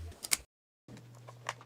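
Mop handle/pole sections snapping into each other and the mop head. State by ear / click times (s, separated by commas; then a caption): seated / 0.3 s, 1.5 s. Plastic parts of an F528A cordless electric mop (handle, extendable pole and mop head) are snapped together during setup. Sharp clicks mark the sections seating, at 0.3 s and 1.5 s, separated by a stretch of silence and a steady low hum. The parts snap into place.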